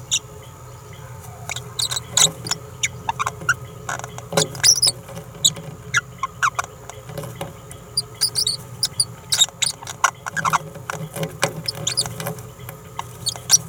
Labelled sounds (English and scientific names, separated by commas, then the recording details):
Green-rumped Parrotlet (Forpus passerinus) babbling
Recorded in a nest box in Venezuela
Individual 18B17A3